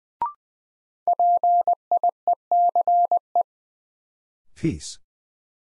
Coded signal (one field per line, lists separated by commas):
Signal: Morse code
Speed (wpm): 20 wpm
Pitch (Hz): 700 Hz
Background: none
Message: PIECE